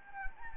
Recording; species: mosquito wingbeat signal from an infrared sensor; Anopheles gambiae